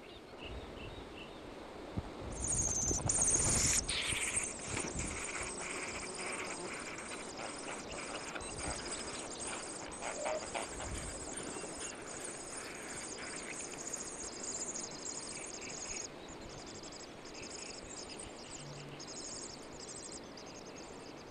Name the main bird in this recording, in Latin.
Upupa epops